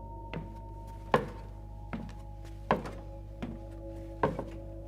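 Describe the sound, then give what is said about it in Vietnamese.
Footsteps sounding right behind a woman, walking at a steady, unhurried pace: six dull thudding steps, alternating heavier and lighter, over a constant low hum with no one speaking. “Tiếp theo là tiếng bước chân lại vang lên ngay sau lưng bà.”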